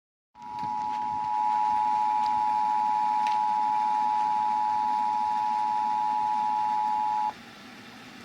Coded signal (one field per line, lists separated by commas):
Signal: Emergency Alert System (SAME) tones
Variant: 853 and 960 Hz attention tone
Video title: BACK TO DAYTIME TESTS NOW! Broadcast Radio EAS: Required Monthly Test (EAS #422-423)